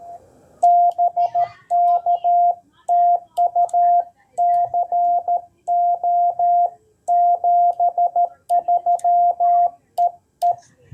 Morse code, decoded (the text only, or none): BK TU CO 73 EE